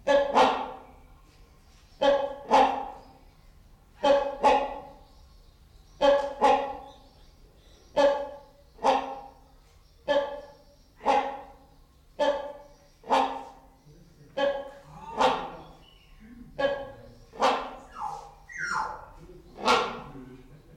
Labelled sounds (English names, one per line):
Common Hill Myna